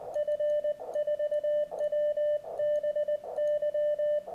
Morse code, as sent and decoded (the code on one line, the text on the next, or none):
..-. ....- .-- -... -.--
F4WBY